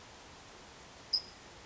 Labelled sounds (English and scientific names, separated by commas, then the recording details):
California Towhee (Melozone crissalis)
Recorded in Sonoma County, California